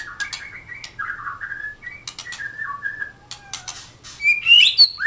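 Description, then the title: Oriental magpie-robin song: varied whistled notes near mid pitch, ending in brighter rising high whistles, with scattered sharp clicks and a faint steady low hum. "Kicau Kacer"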